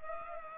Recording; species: mosquito wingbeat signal from an infrared sensor; Culex pipiens